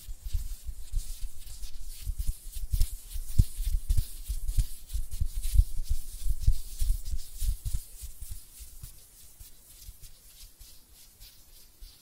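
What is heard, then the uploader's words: Hand sounds made of quick, irregular rubbing and tapping, with soft low thumps under crisp, papery swishes. The strokes come densely and unevenly through the first eight seconds, then thin out and grow quieter toward the end. ASMR Relaxing Hand Sounds (No Talking).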